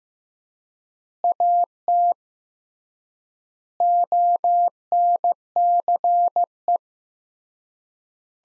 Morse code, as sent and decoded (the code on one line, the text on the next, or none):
.- - / --- -. -.-. .
AT ONCE